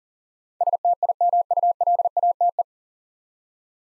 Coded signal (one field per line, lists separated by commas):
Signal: Morse code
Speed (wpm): 40 wpm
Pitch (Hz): 700 Hz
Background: none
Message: STIMULATE